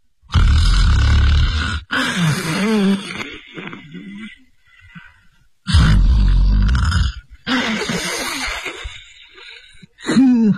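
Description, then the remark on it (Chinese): A man's voice imitates the loud snoring of the character Lu Zhishen, sound asleep late at night: two long, rough, rumbling snores with raspy, wheezing breaths in between, then a third snore starting at the very end. “这呼噜稀如撼天雷，呼如涨潮水。”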